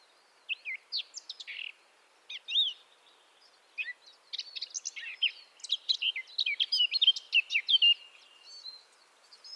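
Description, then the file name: Eurasian blackcap song: a rich, varied warble of quick chattering and whistled notes, starting in scattered bursts and building into a dense, continuous phrase. "Sylvia atricapilla"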